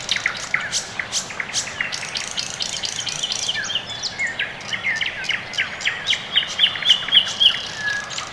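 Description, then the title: Birds chirping in a chorus, ending with a quick string of about five bright, evenly spaced notes over a soft hiss. Quiet early morning, Orekhovo-Borisovo Severnoye district, Moscow, Russia; recorded with Sony ECM-MS2 microphone into Marantz PMD-661, processed with equalisation and gain. "район Орехово-Борисово Северное, Москва, Россия - Morning birds"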